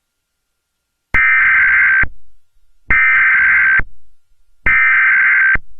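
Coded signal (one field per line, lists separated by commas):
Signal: Emergency Alert System (SAME) tones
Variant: header bursts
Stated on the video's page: Mock EAS alert recreating a National Weather Service Chicago warning.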